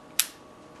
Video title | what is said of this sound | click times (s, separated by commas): 闪电 Lightning+Video+CD | it right on there and you'll hear a little click which lets you know it's right back | 0.2 s